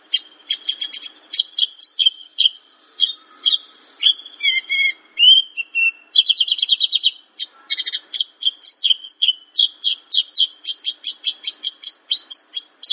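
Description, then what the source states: Javan bush lark pouring out a long, varied song of quick chirps, rattling trills and a few lower slurred notes, almost without breaks. Song used as a lure recording (pancingan); the bird is described as gacor, singing actively.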